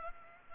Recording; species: mosquito wingbeat signal from an infrared sensor; Culex pipiens